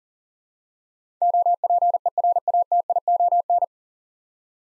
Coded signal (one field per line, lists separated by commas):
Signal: Morse code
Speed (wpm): 40 wpm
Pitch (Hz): 700 Hz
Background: none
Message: OPERATION